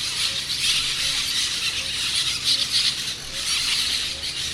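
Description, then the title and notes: Brown-throated parakeet: shrill overlapping squeals and screeches from a brown-throated parakeet flock, a constant busy chatter of many birds. "Cotorra Cara Sucia by Kellyn Parra Garcia"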